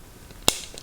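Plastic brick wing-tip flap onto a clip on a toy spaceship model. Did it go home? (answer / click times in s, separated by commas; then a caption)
yes / 0.5 s. A small plastic brick flap, a wing tip, is pressed onto a clip piece on a LEGO Mini Milano (30449) toy spaceship model. One sharp, loud snap is heard at 0.5 s, followed by a couple of faint ticks. The flap seats in place.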